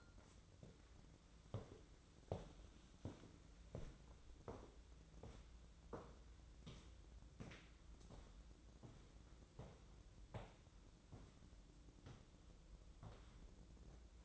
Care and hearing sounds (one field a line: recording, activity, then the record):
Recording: daily activity, microphone in the room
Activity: walk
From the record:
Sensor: 3